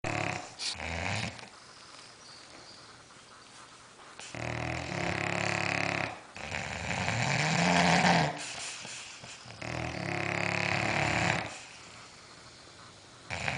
Two snoring dogs.